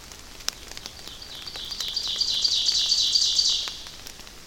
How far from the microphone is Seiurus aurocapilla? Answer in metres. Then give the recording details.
about 25 m. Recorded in boreal forest in Alberta, Canada, on 28 May 2016 at 08:54. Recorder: SongMeter 3, array SBT-3-49. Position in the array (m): 54 m, 148 m. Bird 15